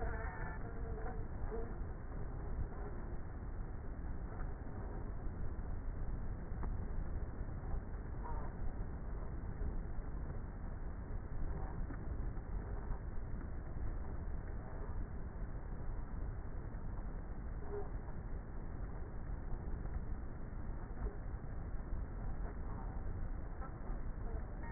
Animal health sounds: honeybee colony, microphone inside the hive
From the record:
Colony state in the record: queenless with a low population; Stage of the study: before two queens were removed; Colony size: about 30,000 bees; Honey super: no

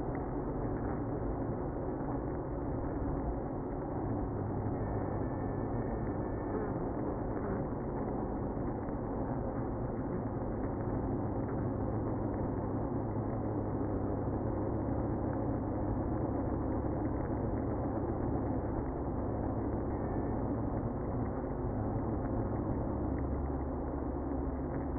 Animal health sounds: honeybee colony, microphone inside the hive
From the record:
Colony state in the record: queenless (queen removed); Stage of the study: after two queens were removed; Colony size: about 60,000 bees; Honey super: yes

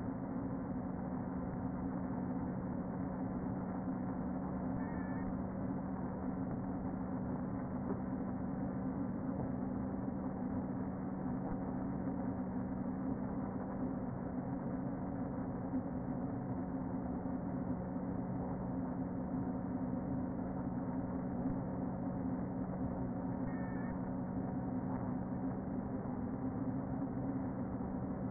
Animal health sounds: honeybee colony, microphone inside the hive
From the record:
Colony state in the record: queen present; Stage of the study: before two queens were removed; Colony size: about 60,000 bees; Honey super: yes

